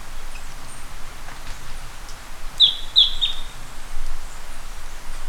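Bird utters a few short, high chirps in quick succession midway through, with steady rumbling noise throughout.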